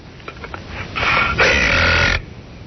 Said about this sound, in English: And I'm bothering you because I burp? Okay, no. What, are you a woman that you can't take a burp in the face?